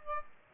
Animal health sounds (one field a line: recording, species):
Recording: mosquito wingbeat signal from an infrared sensor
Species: Aedes aegypti